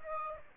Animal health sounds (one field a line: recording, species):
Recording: mosquito wingbeat signal from an infrared sensor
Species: Aedes aegypti